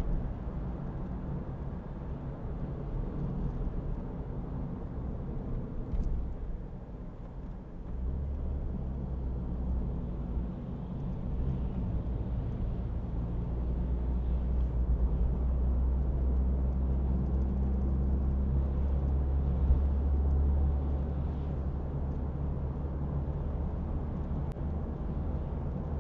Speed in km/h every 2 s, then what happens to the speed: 67, 69, 70, 66, 63, 56, 48, 51, 50, 55, 58, 63, 66.
0-7 steady at about 67. 7-11 brakes to 48. 11-16 steady at about 50. 16-26 speeds up to 66.